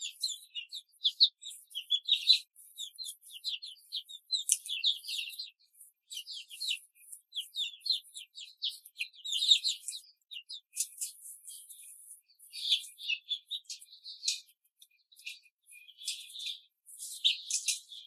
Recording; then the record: young laying hens in a cage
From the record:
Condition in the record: control cage, before the stress test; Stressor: none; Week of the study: 4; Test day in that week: 3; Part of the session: 3